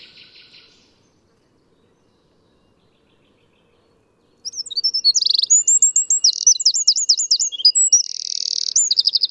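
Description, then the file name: Eurasian wren: after a brief buzzy note and a long pause, loud, rapid song of piercing trills and rattles begins and runs on to the end. "Troglodytes troglodytes"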